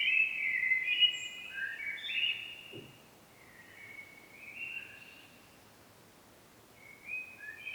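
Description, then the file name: Common blackbird song: a warbling phrase at the start fading into softer, scattered notes, with a brief low knock near three seconds and quiet hiss between. "Turdus merula"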